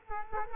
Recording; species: mosquito wingbeat signal from an infrared sensor; Culex quinquefasciatus